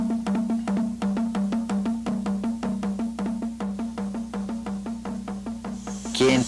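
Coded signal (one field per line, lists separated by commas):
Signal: drum signal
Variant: manguaré slit drum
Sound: fast steady series of hollow wooden drum strokes at one low pitch, about four per second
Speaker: anuncia todo lo que pase en la maloca o también llama a la gente es ausente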